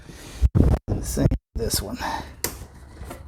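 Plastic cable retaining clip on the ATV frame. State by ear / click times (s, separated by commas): seated / 2.4 s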